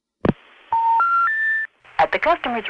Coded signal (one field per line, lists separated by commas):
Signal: telephone call progress tone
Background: speech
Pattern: special information tone